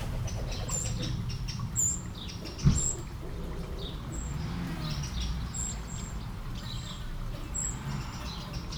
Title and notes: Aveize, France - Merle - Blackbird. 20170712-Merle et ruisseau. Bord de ruisseau, un merle, quelques mouches, des avions au loin